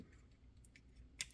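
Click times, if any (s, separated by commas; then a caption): 1.2 s. A plastic part of a Transformers Age of the Primes Deluxe Class Animated Ratchet action figure is pushed into the figure's body after a double hinge is refolded during transformation. A few faint plastic ticks come first, then a sharp, bright snap at 1.2 s as the part clips firmly into place and seats.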